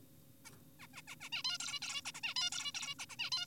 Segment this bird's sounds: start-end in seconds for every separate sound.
0.45-0.50, 0.80-0.87, 0.94-1.02, 1.08-1.16, 1.20-1.29, 1.32-1.43, 1.44-1.58, 1.60-1.80, 1.82-2.01, 2.06-2.12, 2.14-2.21, 2.24-2.34, 2.36-2.50, 2.52-2.72, 2.75-2.95, 2.99-3.06, 3.10-3.16, 3.19-3.30, 3.32-3.46